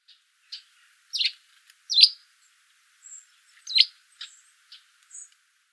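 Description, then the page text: Eurasian tree sparrow chirping in a lively, uneven run of sharp, high notes, some loud and descending, others thin and brief. "Volker Arnold - Полевой воробей (Passer montanus)"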